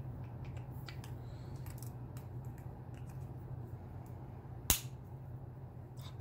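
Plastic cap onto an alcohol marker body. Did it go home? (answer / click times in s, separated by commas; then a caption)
yes / 4.7 s. While colouring, someone pushes a plastic cap back onto an alcohol marker body over a steady low hum with a few faint ticks. The cap snaps on with a loud, sharp click at 4.7 s and is seated.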